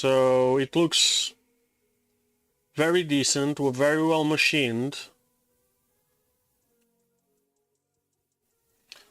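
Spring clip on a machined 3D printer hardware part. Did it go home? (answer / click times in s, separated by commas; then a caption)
yes / 8.9 s. Someone talks while a newly unboxed, machined 3D printer hardware part is checked, then its spring-loaded clip is pressed into position. After a stretch of near silence, a short, sharp click is heard at 8.9 s as the clip seats into place like the original.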